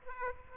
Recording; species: mosquito wingbeat signal from an infrared sensor; Aedes aegypti